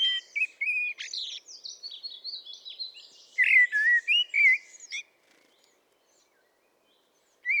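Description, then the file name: Common blackbird song, a rich whistled warble mixed with thin high chattering notes, then a long silence and the start of another phrase. "Turdus merula"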